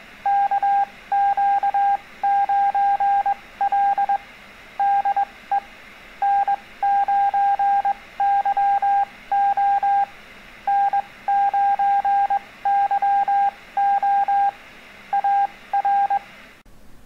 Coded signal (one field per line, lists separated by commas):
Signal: Morse code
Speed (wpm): 21 wpm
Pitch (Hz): 800 Hz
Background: none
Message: KQ9L DE N9YO N9YO AR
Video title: Learn CW Morse Code | How to Answer a CQ Call | Absolute Beginners